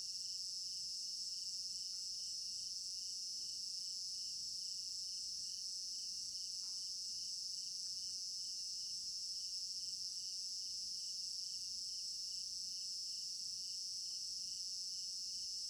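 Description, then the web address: Cricket chorus, shrill and continuous, pulsing rapidly at a high pitch; occasional faint clicks and a brief soft tone sound in the background. Crickets in an African village garden at night; stereo binaural recording. "African-Village Garden Night Crickets Stereo-Binaural. immersive sound library"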